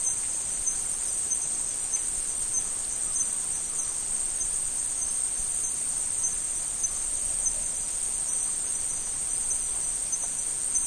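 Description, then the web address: Insects stridulating, a dense unbroken high-pitched shrill drone holding steady throughout. Tropical forest insects. "Tom Hutchings Insects Tropical"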